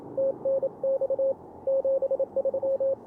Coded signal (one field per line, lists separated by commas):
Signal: Morse code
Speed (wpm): 28 wpm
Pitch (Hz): 530 Hz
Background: none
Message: TNX 73